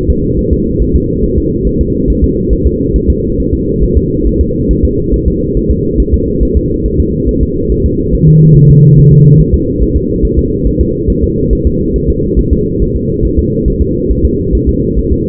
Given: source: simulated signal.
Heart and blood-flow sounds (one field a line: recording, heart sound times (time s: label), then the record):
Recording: fetal heart sounds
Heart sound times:
0.10 s: S2
0.39 s: S1
0.53 s: S2
0.82 s: S1
0.96 s: S2
1.24 s: S1
1.38 s: S2
1.67 s: S1
1.81 s: S2
2.10 s: S1
2.24 s: S2
2.53 s: S1
2.67 s: S2
2.96 s: S1
3.10 s: S2
3.40 s: S1
3.54 s: S2
3.83 s: S1
3.97 s: S2
4.27 s: S1
4.41 s: S2
4.71 s: S1
4.85 s: S2
5.14 s: S1
5.28 s: S2
5.57 s: S1
5.71 s: S2
6.00 s: S1
6.14 s: S2
6.43 s: S1
6.57 s: S2
6.86 s: S1
7.00 s: S2
7.29 s: S1
7.43 s: S2
7.72 s: S1
7.86 s: S2
8.14 s: S1
8.28 s: S2
8.57 s: S1
8.71 s: S2
8.99 s: S1
9.12 s: S2
9.40 s: S1
9.54 s: S2
9.82 s: S1
9.96 s: S2
10.25 s: S1
10.39 s: S2
10.67 s: S1
10.81 s: S2
11.10 s: S1
11.24 s: S2
11.53 s: S1
11.67 s: S2
11.96 s: S1
12.10 s: S2
12.39 s: S1
12.53 s: S2
12.82 s: S1
12.96 s: S2
13.25 s: S1
13.39 s: S2
13.68 s: S1
13.82 s: S2
14.11 s: S1
14.25 s: S2
14.55 s: S1
14.69 s: S2
14.99 s: S1
15.12 s: S2
From the record:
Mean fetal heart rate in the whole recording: 140 bpm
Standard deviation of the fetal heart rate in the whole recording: 2 bpm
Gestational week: 34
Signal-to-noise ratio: -10.2 dB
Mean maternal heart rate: 72 bpm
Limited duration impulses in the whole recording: present